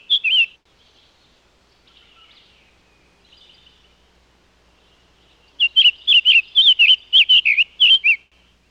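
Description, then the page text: Summer tanager song, a brief burst of slurred whistles, a pause, then a run of sweet, warbled, up-and-down whistled notes lasting about three seconds. "Summer Tanager. Quick Sounds"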